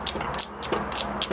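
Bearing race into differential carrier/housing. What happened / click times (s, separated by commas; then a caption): A steel part is being driven in with repeated hammer blows and has not yet bottomed out / none. A steel bearing race is driven into a Toyota Tacoma differential carrier housing with repeated hammer strikes during a gear swap. Sharp metallic hits ring out, the loudest at about 0.1 and 0.4 seconds, with more strikes following through the clip over a low steady hum. The race has not seated yet; nothing has bottomed out by the end.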